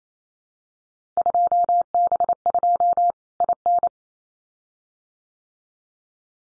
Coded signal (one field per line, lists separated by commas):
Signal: Morse code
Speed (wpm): 28 wpm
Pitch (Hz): 700 Hz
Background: none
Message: 2B2 IN